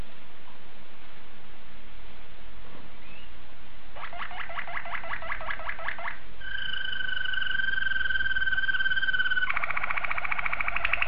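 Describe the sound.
Domestic canary: after several seconds of background noise, a canary gives a rapid pulsing trill, a steady double-pitched whistle, then another fast rolling trill.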